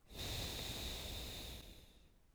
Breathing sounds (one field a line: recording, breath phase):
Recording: one breath near a microphone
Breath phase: exhalation